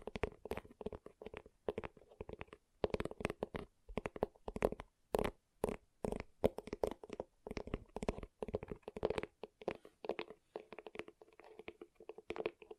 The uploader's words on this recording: ASMR Gentle Tapping.